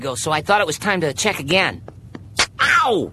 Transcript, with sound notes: So I thought it was time to check again. *smack* Ow!